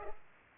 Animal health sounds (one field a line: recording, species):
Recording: mosquito wingbeat signal from an infrared sensor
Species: Culex pipiens